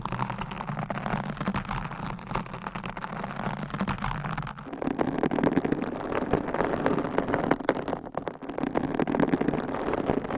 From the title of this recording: Different Mic Covers & Nails Mic Scratching , Massage